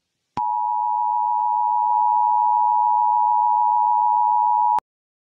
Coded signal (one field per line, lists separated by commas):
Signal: Emergency Alert System (SAME) tones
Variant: 853 and 960 Hz attention tone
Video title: Twisted: a random EAS Scenarios